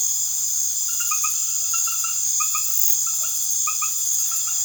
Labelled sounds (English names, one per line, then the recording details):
none
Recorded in secondary vegetation near Puerto Asís, Putumayo, Colombia, on 12 March 2025 at 21:30
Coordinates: 0.489, -76.322
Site G042